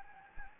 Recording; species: mosquito wingbeat signal from an infrared sensor; Anopheles gambiae